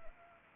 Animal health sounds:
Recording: mosquito wingbeat signal from an infrared sensor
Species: Anopheles arabiensis

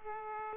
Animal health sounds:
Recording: mosquito wingbeat signal from an infrared sensor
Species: Aedes aegypti

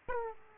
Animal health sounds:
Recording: mosquito wingbeat signal from an infrared sensor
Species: Aedes aegypti

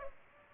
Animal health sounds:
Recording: mosquito wingbeat signal from an infrared sensor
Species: Aedes aegypti

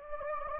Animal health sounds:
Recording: mosquito wingbeat signal from an infrared sensor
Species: Anopheles gambiae

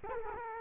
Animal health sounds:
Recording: mosquito wingbeat signal from an infrared sensor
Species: Culex quinquefasciatus

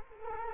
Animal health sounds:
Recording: mosquito wingbeat signal from an infrared sensor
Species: Culex quinquefasciatus

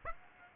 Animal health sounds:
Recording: mosquito wingbeat signal from an infrared sensor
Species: Aedes aegypti

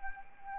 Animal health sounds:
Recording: mosquito wingbeat signal from an infrared sensor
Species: Anopheles arabiensis

